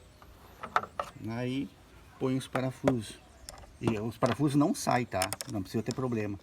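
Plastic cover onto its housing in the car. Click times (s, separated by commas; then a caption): 0.8 s, 1.0 s. A plastic cover is refitted onto its housing in a car, pushed back in without removing the screw and hose clamp, and snaps into place with sharp clicks at 0.8 s and 1.0 s. Someone talks through the rest of the clip, and the cover is seated.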